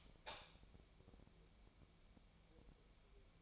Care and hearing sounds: daily activity, microphone in the room; light on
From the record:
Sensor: 1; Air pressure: 1000.0 hPa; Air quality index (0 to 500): 130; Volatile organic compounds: 2 ppm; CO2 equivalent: 1228 ppm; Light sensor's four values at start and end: 33/83/34/42 and 36/95/39/47

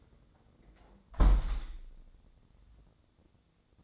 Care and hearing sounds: daily activity, microphone in the room; close window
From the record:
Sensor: 3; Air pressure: 1012.2 hPa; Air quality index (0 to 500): 99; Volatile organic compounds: 1 ppm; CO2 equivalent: 787 ppm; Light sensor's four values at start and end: 194/468/192/181 and 209/505/207/197

